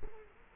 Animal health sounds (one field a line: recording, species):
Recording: mosquito wingbeat signal from an infrared sensor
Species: Culex quinquefasciatus